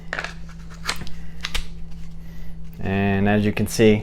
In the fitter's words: does fit but it does not click into place so I can